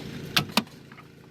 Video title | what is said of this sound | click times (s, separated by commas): BMW E46 M3 Interior LED Lights Install | then you hear that click and it is good to go | 0.4 s, 0.6 s